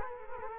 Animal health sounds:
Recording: mosquito wingbeat signal from an infrared sensor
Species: Culex quinquefasciatus

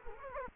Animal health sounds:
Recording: mosquito wingbeat signal from an infrared sensor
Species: Culex quinquefasciatus

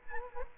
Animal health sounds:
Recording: mosquito wingbeat signal from an infrared sensor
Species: Culex quinquefasciatus

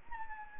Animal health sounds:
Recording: mosquito wingbeat signal from an infrared sensor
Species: Anopheles arabiensis

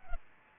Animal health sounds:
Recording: mosquito wingbeat signal from an infrared sensor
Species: Aedes albopictus

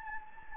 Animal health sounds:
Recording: mosquito wingbeat signal from an infrared sensor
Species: Anopheles gambiae

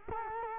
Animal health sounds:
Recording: mosquito wingbeat signal from an infrared sensor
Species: Culex quinquefasciatus

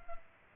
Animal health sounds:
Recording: mosquito wingbeat signal from an infrared sensor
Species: Culex pipiens

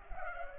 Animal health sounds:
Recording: mosquito wingbeat signal from an infrared sensor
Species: Culex pipiens

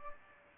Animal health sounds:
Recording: mosquito wingbeat signal from an infrared sensor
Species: Aedes aegypti

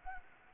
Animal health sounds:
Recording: mosquito wingbeat signal from an infrared sensor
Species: Anopheles gambiae

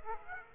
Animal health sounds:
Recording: mosquito wingbeat signal from an infrared sensor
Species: Aedes aegypti

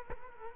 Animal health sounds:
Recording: mosquito wingbeat signal from an infrared sensor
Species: Culex quinquefasciatus

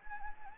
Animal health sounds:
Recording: mosquito wingbeat signal from an infrared sensor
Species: Anopheles gambiae

